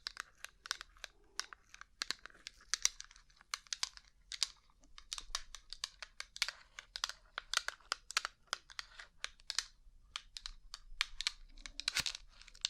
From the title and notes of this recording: ASMR Rhinestone Covered Tapping 3Dio (No Talking).